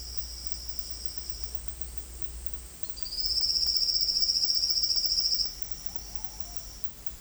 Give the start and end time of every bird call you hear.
2.83s-5.51s: Silvered Antbird (Sclateria naevia)

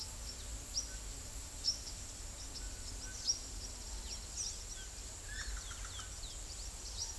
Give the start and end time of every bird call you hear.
0.00s-7.18s: Chestnut-bellied Seed Finch (Sporophila angolensis)

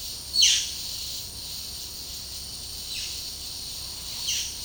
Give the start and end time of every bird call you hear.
0.00s-4.64s: Violaceous Jay (Cyanocorax violaceus)

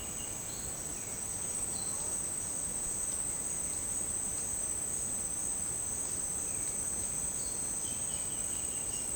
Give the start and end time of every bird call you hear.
0.00s-2.12s: Black-striped Sparrow (Arremonops conirostris)
6.50s-9.13s: Black-striped Sparrow (Arremonops conirostris)

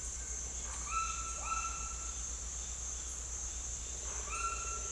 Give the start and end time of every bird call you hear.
0.82s-2.06s: White-throated Toucan (Ramphastos tucanus)

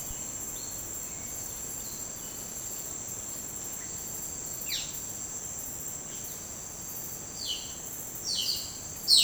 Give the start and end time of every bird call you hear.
0.00s-2.45s: Black-striped Sparrow (Arremonops conirostris)
4.63s-9.24s: Violaceous Jay (Cyanocorax violaceus)
5.94s-6.46s: Striolated Manakin (Machaeropterus striolatus)

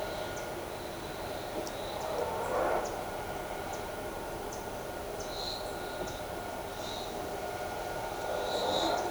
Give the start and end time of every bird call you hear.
0.00s-6.12s: Black-throated Mango (Anthracothorax nigricollis)

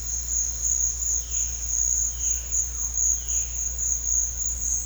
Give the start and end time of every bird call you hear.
1.12s-3.54s: Violaceous Jay (Cyanocorax violaceus)

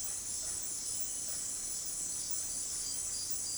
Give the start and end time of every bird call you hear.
0.00s-1.69s: Russet-backed Oropendola (Psarocolius angustifrons)

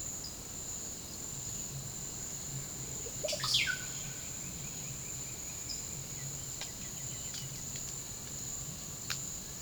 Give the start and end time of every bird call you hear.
2.66s-3.86s: Russet-backed Oropendola (Psarocolius angustifrons)
3.73s-6.06s: Lineated Woodpecker (Dryocopus lineatus)
6.49s-7.67s: White-winged Becard (Pachyramphus polychopterus)

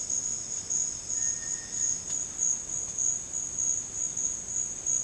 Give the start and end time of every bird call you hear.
1.11s-1.97s: Cinereous Tinamou (Crypturellus cinereus)

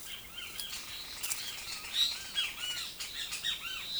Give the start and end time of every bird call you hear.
0.00s-4.00s: Great Kiskadee (Pitangus sulphuratus)

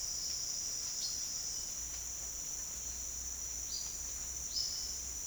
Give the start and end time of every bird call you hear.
0.90s-1.18s: Silver-beaked Tanager (Ramphocelus carbo)
3.55s-5.26s: Olive-faced Flatbill (Tolmomyias viridiceps)

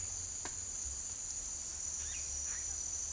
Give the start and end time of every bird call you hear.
1.97s-2.89s: Yellow-rumped Cacique (Cacicus cela)

